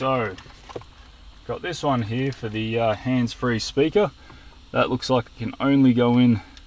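Someone talks while handling a hands-free mic/speaker plug, which is to be pushed into its only matching socket on a head unit. Only speech is heard, with a brief faint tap around 0.8 s. Nothing has seated or clicked yet.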